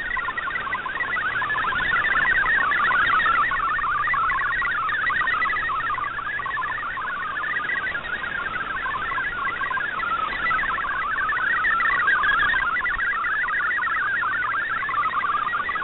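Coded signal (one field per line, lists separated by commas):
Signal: multi-tone FSK (Olivia or MFSK type)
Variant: MFSK32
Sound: rapid warbling tune of fast-changing pitched tones, continuous, like a busy chirping melody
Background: radio static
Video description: here is my decode of the Shortwave Radiogram broadcast today on 7780Khz shortwave radio at 2030UTC in MFSK32, and 64 with 8 SSTV images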